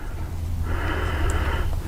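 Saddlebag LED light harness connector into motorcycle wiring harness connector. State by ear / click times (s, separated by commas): not seated / none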